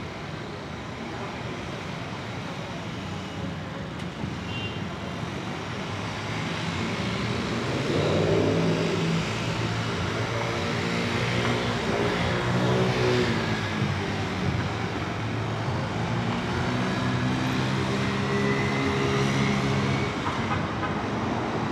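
Exterior sound on a Brooklyn roof: a dense, steady wash of city traffic fills the whole clip. Around the eight-second mark a passing vehicle or aircraft swells, with a low droning tone that rises and falls through the middle and fades after twenty seconds.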